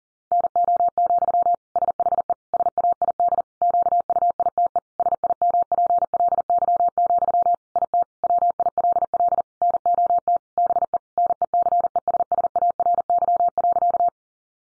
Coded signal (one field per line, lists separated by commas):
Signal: Morse code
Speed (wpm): 40 wpm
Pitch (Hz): 700 Hz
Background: none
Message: NO, SHE SAID QUITE SIMPLY, IT WILL NOT BE NECESSARY.